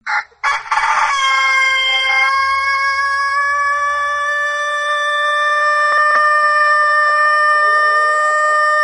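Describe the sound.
Rooster crowing: a few short rough notes, then one very long, loud, drawn-out harmonic crow held steady for the rest.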